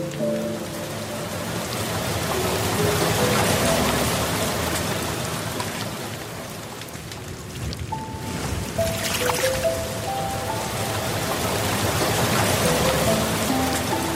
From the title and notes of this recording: Relaxing Piano Music and the serene sounds of a Soft Water Stream. Calming piano melodies and tranquil water sounds combine.